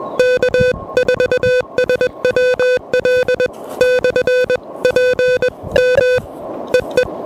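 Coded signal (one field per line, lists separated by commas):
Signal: Morse code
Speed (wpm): 20 wpm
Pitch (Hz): 500 Hz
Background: music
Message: K4SWL/PM EE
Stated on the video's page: QRP CW from a POTA park activation worked pedestrian mobile with an Elecraft KH1.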